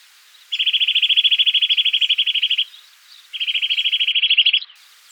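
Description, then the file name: Eurasian nuthatch delivering two rapid trills of bright, evenly spaced piping notes, separated by a short pause. "Sitta europaea"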